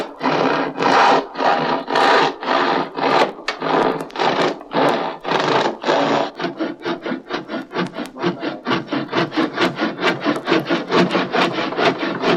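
Rhythmic rasping strokes, like a saw or rasp scraping back and forth through wood, dry. For the first six seconds the strokes are long and steady, about two per second; then they quicken into shorter, choppier pulls until the end. No other sounds.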